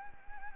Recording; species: mosquito wingbeat signal from an infrared sensor; Anopheles arabiensis